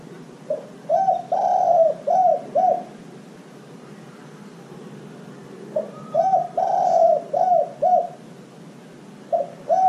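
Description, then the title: Dove cooing: low, soft coos in short phrases of about five notes, with quiet pauses between phrases, over steady background hiss. "Canto Da Pomba"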